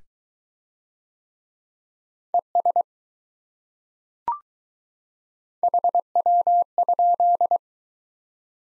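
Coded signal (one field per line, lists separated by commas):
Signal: Morse code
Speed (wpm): 22 wpm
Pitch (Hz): 700 Hz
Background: none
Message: ES HW?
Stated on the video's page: Speed-Racing practice format starting fast and slowing to a 15 wpm base, fastest speed 1.5 times the slowest, with a final repeat at maximum speed.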